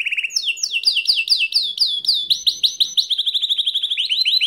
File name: Serinus canaria